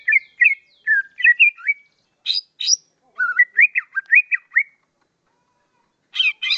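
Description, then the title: Leafbird singing: clear varied whistled phrases, some rising and some falling, broken by short gaps and a burst of harsh buzzy notes at the end. "CUCAK IJO"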